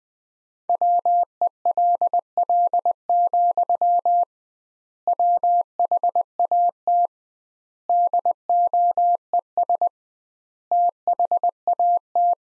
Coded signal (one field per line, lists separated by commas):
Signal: Morse code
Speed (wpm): 20 wpm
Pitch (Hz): 700 Hz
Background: none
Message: WELL, WHAT DOES THAT